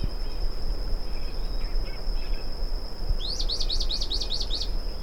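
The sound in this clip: Bran-colored flycatcher singing a rapid series of rising, slurred notes near the end, after soft scattered chirps, with a constant shrill insect tone throughout.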